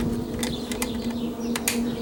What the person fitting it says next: snaps into place there we go easy as that